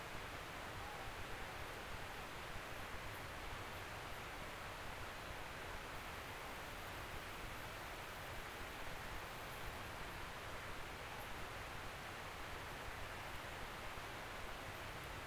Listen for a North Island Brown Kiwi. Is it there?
no